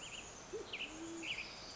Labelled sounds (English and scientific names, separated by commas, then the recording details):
Band-tailed Pigeon (Patagioenas fasciata)
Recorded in Sonoma County, California